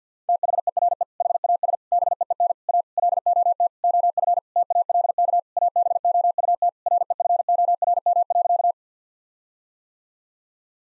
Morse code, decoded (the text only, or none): THERE HAS BEEN A LOT OF TALK ABOUT REFORM.